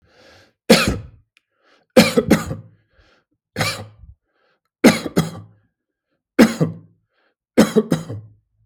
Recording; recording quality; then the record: heavy voluntary cough; excellent, no background noise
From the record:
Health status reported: exposed to COVID-19, no respiratory illness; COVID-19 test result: negative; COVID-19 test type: RT-PCR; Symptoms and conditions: fatigue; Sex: male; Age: 43 years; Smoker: no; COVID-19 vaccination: both doses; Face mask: not worn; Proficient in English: yes